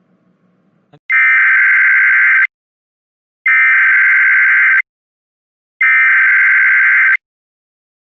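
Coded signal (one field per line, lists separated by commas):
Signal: Emergency Alert System (SAME) tones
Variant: header bursts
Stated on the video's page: Fictional mock EAS scenario about a tsunami.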